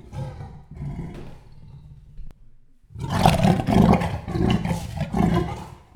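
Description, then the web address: Leopard giving rough, rasping roars: a low rumble at first, then a burst of loud, harsh grunting pulses in quick succession over the last three seconds. Male leopard, captive in a zoo in Jászberény, recorded in 2016. "jaszberenyizoo 2016 leopard himallat"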